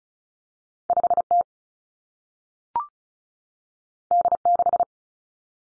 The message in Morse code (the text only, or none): 5 T D 6